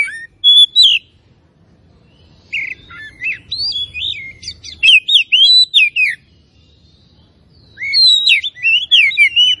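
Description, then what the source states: Oriental magpie-robin delivering loud whistled phrases with rising and falling slurs and scratchy high notes, in several bursts separated by short pauses. Kacer from Tretes, singing in full active song (gacor).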